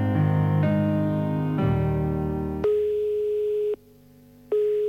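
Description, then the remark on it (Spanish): A mobile phone ringback tone: a steady, mid-pitched electronic hum sounds, breaks off for a moment, then returns, after a few seconds of dense, buzzy harmonic tones. No one speaks. “¿Todavía no has puesto un tono de espera en tu móvil?”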